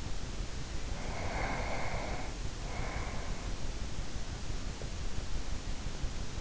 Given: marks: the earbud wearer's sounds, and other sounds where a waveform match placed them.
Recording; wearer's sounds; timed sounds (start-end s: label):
sounds in sleep by an in-ear microphone; breath
0.96-3.56 s: breath